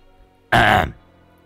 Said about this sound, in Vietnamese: Vừa lúc ấy, ở nhà trên có tiếng của lão Bá Khiêm ho lên sọc sọc.